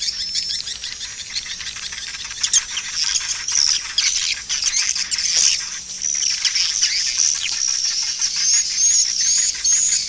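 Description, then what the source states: Swiftlet chirping calls, dense high twittering chatter with thin whistled notes in a continuous stream. Swiftlet farming sound, Asia.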